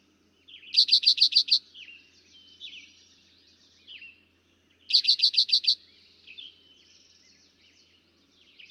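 Eastern towhee singing a short rattling series of about six bright notes, repeated after roughly four seconds, while other birds whistle and chip softly in the background.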